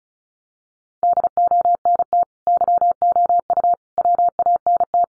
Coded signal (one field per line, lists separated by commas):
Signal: Morse code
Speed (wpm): 34 wpm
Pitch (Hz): 700 Hz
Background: none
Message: DONT YOU WANT